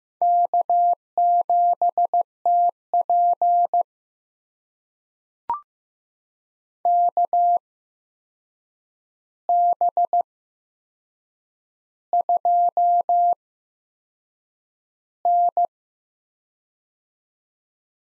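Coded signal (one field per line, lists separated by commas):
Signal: Morse code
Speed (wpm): 15 wpm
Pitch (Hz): 700 Hz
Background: none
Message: K7TP KB2N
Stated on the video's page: Morse head-copy drill of four-character USA call signs at 15 WPM with 8x Farnsworth character spacing.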